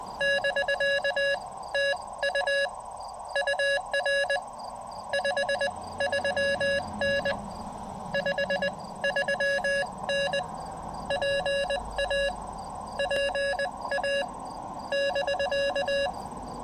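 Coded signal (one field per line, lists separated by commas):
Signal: Morse code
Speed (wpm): 20 wpm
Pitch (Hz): 590 Hz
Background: none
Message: <BK> TU UR 53N 53N PA PA <BK>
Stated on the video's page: Roadside park activation on the Blue Ridge Parkway.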